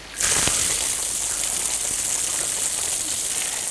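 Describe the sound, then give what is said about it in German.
Drinking water from a reservoir up above suddenly bursts out of a pipe at a former ship landing after a valve is turned further, and keeps gushing in a steady, loud, hissing rush that holds constant to the end, with no voices over it. “Wasser, Schiff, Wasser!”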